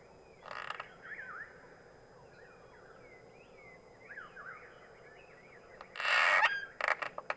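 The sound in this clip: Cliff swallow chatter: scattered thin, squeaky chirps and creaky notes, among a few loud noise bursts and sharp clicks.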